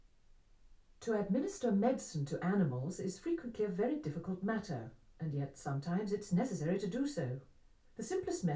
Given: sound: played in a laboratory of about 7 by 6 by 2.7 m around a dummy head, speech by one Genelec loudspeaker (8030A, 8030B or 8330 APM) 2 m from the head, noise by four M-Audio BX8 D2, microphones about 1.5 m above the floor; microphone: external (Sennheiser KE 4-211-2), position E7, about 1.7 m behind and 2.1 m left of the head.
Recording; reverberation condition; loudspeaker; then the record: female speech in English; low; 60 degrees to the left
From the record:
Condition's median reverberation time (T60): about 310 ms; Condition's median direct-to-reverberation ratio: about 3.5 dB